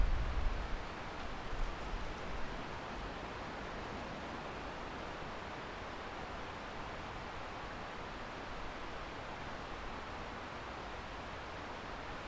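Wind rushes through trees, the rustling blurred into one dense, steady hiss that fills the low and middle range. The first couple of seconds carry a few heavier low gusts and buffets before the sound settles into an even, unchanging wash.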